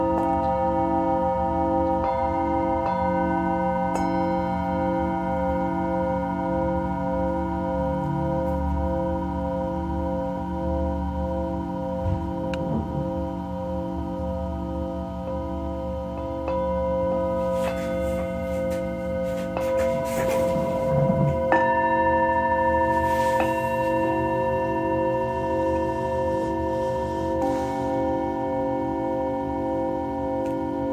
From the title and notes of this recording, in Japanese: メキシコから シンギングボウルのサウンドヒーリング。